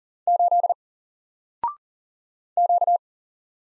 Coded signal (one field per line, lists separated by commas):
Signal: Morse code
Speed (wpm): 40 wpm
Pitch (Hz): 700 Hz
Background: none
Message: 8 Q